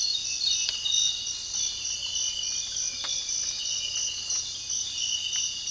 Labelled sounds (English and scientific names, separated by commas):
none